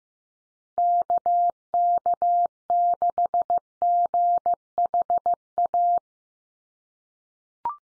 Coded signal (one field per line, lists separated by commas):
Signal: Morse code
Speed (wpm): 15 wpm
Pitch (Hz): 700 Hz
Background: none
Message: KK6GHA